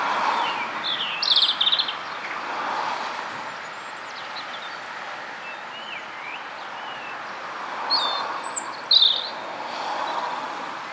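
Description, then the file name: European robin with two brief bursts of high, thin, twittering notes several seconds apart, over a continuous rushing background noise. "Erithacus rubecula"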